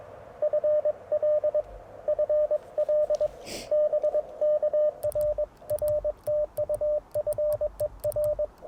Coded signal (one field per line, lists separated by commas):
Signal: Morse code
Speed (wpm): 21 wpm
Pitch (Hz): 590 Hz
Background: radio noise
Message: FL FL BK RR TU FER